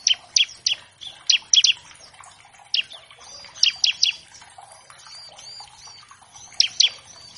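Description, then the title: Bar-winged Prinia song: loud, piercing chips, singly or in short clusters, with softer twittering notes filling the gaps. Vigorously singing (gacor) ciblek used as a master track to train all kinds of captive birds; a lure to make untrained ciblek sing quickly. "Masteran Ciblek Gacor Vs Kenari Gacor Untuk Masteran Semua Jenis Burung. Pancingan Ciblek bahan agar cepat bunyi. Burung Ciblek"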